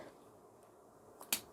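A Jabra Evolve2 85 headset ear cup is swiveled on its plastic hinge into position in the headband. After quiet handling, a faint tick at 1.2 s leads into a sharp, bright click at 1.3 s as the ear cup locks into place.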